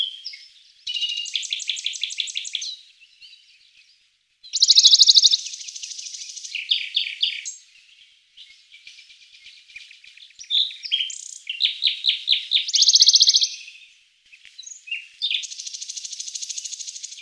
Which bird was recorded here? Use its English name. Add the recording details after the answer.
Western Bonelli's Warbler. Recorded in the wild. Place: St. Laurent des Arbres und Umgebung, FR. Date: 2006-04-25. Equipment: MiniDisc Sharp MT 20 H. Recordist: Schwarz, Dieter